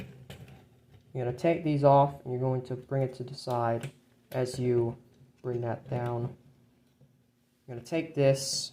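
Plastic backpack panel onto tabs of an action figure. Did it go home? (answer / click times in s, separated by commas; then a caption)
yes / 0.3 s. Two holes in a plastic backpack panel of a Transformers TLK Voyager Optimus Prime action figure are pushed onto two tabs, seating with a sharp click at 0.3 s to form the backpack. Someone then talks for the rest of the clip.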